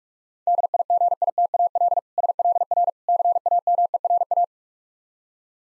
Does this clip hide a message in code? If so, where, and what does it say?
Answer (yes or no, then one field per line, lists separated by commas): yes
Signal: Morse code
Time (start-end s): 0.5-4.4 s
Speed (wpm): 46 wpm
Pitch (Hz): 700 Hz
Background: none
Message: DIGITAL SLR CAMERA